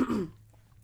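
One short, rough cough from an adult woman, almost a throat clear, with a smoker-like rasp, dying away within a fraction of a second.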